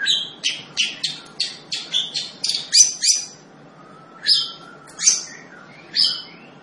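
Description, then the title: Long-tailed shrike with a rapid series of scratchy, rasping notes, followed by three slower, well-spaced harsh calls. Singing lively, described by the Indonesian term gacor. "Cendet Gacor"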